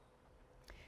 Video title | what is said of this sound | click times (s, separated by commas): Diamonique 1.95cttw 1-3/8" Inside-Out Oval Sterling Hoop Earrings with Jennifer Coffey | until it's explained when it snaps into place like that it lifts the earring up | 0.7 s